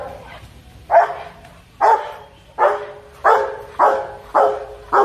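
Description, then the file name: Dog giving loud, rough barks in a steady series after a quiet start. Dog barking fiercely. "Tieng cho sua hung du"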